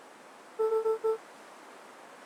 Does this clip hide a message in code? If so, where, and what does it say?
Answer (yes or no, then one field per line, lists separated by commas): no